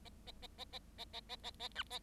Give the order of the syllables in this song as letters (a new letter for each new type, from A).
A A A A A A A A A A B A